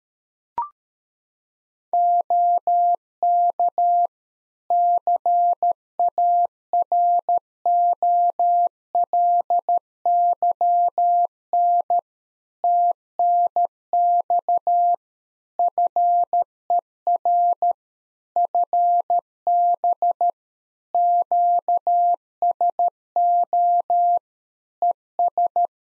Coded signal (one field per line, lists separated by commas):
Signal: Morse code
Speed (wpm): 13 wpm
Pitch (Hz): 700 Hz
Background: none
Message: OK CAROLYN TNX FER FB QSO ES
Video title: Practice QSO - Exchange 4- Ending - 13wpm